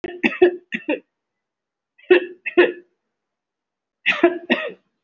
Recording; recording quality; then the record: shallow voluntary cough; excellent, no background noise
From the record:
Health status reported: respiratory illness, not identified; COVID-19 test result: negative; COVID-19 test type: RT-PCR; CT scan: not taken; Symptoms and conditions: cough, cold, breathing difficulty, chronic lung disease, pneumonia, ischaemic heart disease, another condition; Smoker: no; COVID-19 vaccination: none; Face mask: worn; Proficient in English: no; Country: India